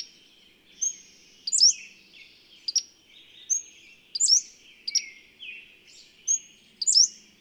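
Bird singing high, thin chirping phrases with a quick downslurred note, repeated every few seconds.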